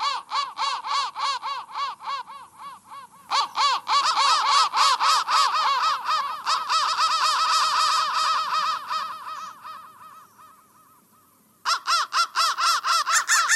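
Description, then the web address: Crow caws in quick rasping succession, growing louder and denser, then fading out before restarting sharply near the end. "soundfactory crow 1 crow 1 crow 1 bendthreads"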